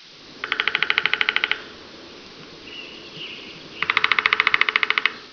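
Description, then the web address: Hairy woodpecker rapid rattling call: a quick run of many even, sharp notes, repeated after a pause, over steady low background rumble. "penquis hawo"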